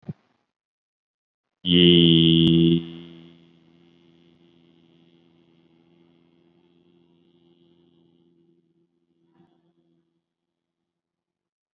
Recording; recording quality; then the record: sustained vowel as in beet; excellent, no background noise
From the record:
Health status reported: COVID-19 positive, mild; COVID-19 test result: positive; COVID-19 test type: RT-PCR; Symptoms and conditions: cough, hypertension, diabetes, another condition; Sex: male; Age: 59 years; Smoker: no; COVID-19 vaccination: one dose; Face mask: not worn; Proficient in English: yes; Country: India